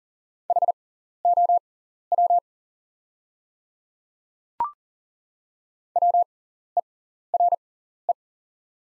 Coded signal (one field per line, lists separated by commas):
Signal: Morse code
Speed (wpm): 40 wpm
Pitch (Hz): 700 Hz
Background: none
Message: HOW WERE